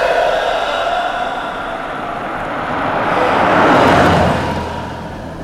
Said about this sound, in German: Der Wagen mit dem Kennzeichen TT, ein fabrikneuer Jaguar, der auf der Straße nach Versailles dahinrollte, wurde langsamer und blieb schließlich am Straßenrand stehen.